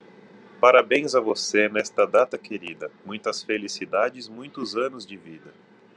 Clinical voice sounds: short text; Brazilian Portuguese; male; 30 to 39 years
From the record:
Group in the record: control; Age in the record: 35 years

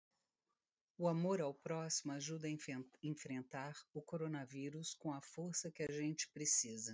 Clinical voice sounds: spoken sentence; Brazilian Portuguese; female; 50 to 59 years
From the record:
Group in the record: control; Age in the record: 53 years

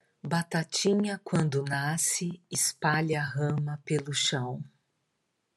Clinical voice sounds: short text; Brazilian Portuguese; female; 50 to 59 years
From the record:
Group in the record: control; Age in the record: 58 years

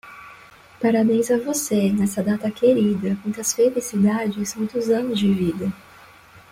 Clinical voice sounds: short text; Brazilian Portuguese; female; 20 to 29 years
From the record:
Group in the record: control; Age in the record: 21 years

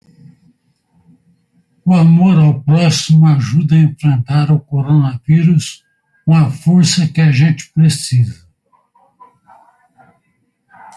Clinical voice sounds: spoken sentence; Brazilian Portuguese; male; 60 to 69 years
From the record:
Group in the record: control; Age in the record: 64 years

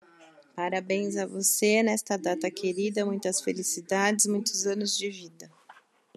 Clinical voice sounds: short text; Brazilian Portuguese; female; 30 to 39 years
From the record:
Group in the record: control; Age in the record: 39 years

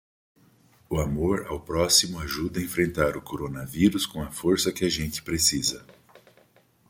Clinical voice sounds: spoken sentence; Brazilian Portuguese; male; 60 to 69 years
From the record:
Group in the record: control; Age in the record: 65 years

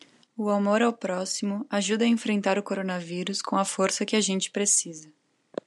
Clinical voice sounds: spoken sentence; Brazilian Portuguese; female; 20 to 29 years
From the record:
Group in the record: control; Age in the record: 22 years

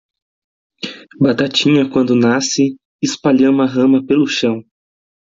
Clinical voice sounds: short text; Brazilian Portuguese; male; 20 to 29 years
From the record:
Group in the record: control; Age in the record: 26 years

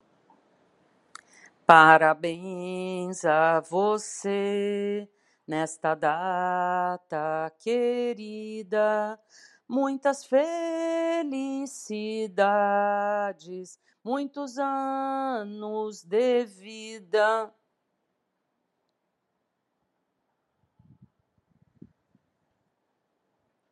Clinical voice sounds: short text; Brazilian Portuguese; female; 60 to 69 years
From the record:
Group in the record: control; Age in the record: 60 years

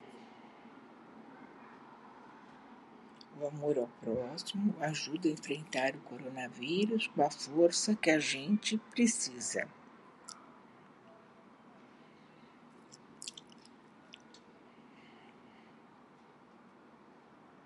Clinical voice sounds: spoken sentence; Brazilian Portuguese; female; 70 to 79 years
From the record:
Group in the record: control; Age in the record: 73 years

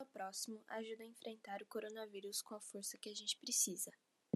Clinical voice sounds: spoken sentence; Brazilian Portuguese; female; 18 to 19 years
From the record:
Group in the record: control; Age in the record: 18 years

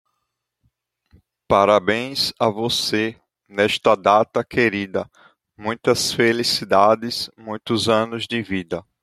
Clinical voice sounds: short text; Brazilian Portuguese; male; 20 to 29 years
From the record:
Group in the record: control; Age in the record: 28 years

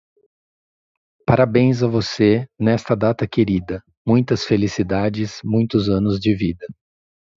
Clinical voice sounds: short text; Brazilian Portuguese; male; 50 to 59 years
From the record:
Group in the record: control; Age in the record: 52 years

